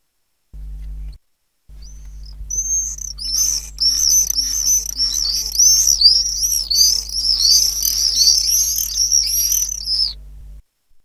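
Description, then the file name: Common swift calls: a dense chorus of shrill, buzzy screams, overlapping continuously after a quiet start, over a low steady hum. "apus apus"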